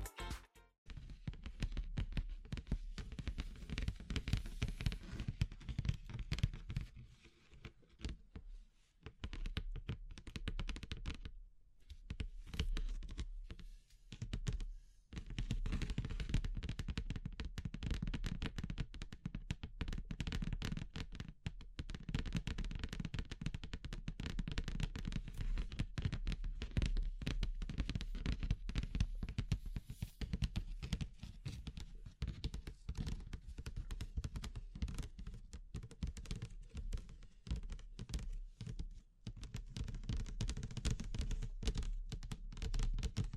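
Wood, bamboo and straw being handled, with dense, irregular tapping and crackling clicks throughout, briefly thinning around ten and fifteen seconds.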